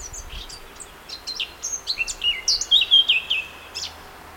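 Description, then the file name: Eurasian blackcap song, a rapid warbling run of varied high chirps and whistles that turns into clearer fluting notes toward the end. "Sylvia atricapilla"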